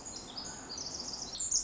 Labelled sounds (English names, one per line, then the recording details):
Pacific Wren
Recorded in Sonoma County, California